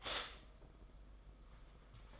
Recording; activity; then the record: daily activity, microphone in the room; stop toaster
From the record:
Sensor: 5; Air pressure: 991.8 hPa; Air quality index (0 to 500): 165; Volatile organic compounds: 379 ppm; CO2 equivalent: 4635 ppm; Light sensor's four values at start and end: 32/107/40/43 and 32/107/40/43